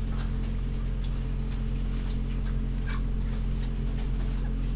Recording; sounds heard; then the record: poultry house recording; sick chickens (respiratory disease)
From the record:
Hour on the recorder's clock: 4